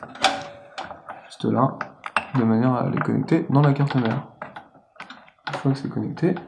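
While building a PC, a power supply cable connector is handled and pushed toward its socket on the motherboard, which has a plastic latch. Someone talks throughout, over light plastic handling noises and a few sharp taps. Nothing has seated or clicked yet by the end of the clip.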